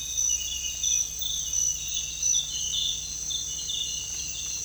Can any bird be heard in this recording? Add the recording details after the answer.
no. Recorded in dense forest near Puerto Asís, Putumayo, Colombia, on 21 December 2024 at 05:30. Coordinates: 0.486, -76.317. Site G003